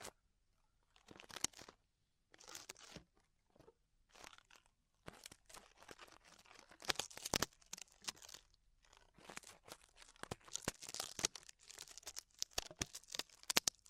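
Ear exploration sounds: bursts of crisp crunching and crinkling with bright, rustly highs. Short clusters with brief silences come over the first few seconds, then the handling grows busier and nearly continuous from about six seconds on, punctuated by sharp crackles.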